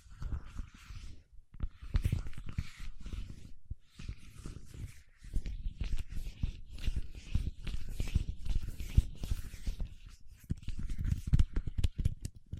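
Paraffin wax is peeled, tapped and scratched in a busy, irregular run of small crackles and scrapes, with dense low rubbing under brighter, hissy peeling sounds. Brief pauses near two, four and ten seconds break the otherwise continuous activity.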